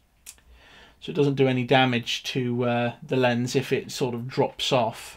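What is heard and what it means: A Canon FD 50mm prime lens is locked onto a Fotodiox FD to Micro Four Thirds adapter, and a sharp lock click sounds at 0.3 s. Someone then talks. The lens is seated and locked on the adapter so it cannot drop off and be damaged.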